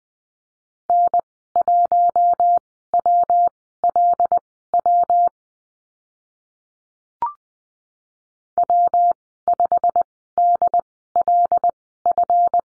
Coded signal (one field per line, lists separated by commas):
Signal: Morse code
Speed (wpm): 20 wpm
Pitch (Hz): 700 Hz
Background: none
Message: N1WLW W5DLF